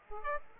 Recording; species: mosquito wingbeat signal from an infrared sensor; Aedes aegypti